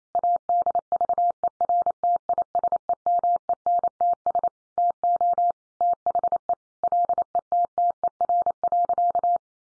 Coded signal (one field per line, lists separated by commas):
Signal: Morse code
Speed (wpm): 28 wpm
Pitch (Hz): 700 Hz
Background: none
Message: ADVERTISEMENTS TO THE LETTER.